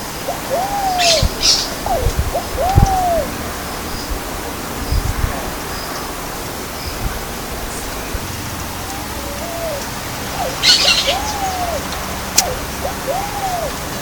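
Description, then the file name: Bare-eyed pigeon giving smooth, arching coo notes in two series several seconds apart, with other short sounds in the background. Recorded at Bubali, Aruba, on 15 November 2012. "Patagioenas-corensis-Bubali-Aruba-15-11-12-ASilveira"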